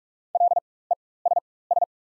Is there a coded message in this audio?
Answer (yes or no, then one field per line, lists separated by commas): yes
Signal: Morse code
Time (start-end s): 0.3-1.8 s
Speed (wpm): 45 wpm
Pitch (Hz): 700 Hz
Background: none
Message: LESS